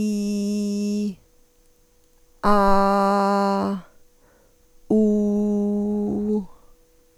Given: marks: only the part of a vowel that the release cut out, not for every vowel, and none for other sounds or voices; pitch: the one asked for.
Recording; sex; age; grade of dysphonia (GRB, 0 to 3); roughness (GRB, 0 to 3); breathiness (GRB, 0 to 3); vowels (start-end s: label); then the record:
sustained vowels; female; 50 to 59 years; 0; 0; 0
0.00-1.06 s: vowel /i/, normal pitch
2.53-3.61 s: vowel /a/, normal pitch
4.95-6.37 s: vowel /u/, normal pitch
From the record:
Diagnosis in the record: dysphonia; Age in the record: 51 years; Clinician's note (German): Ponogen, multifaktoriell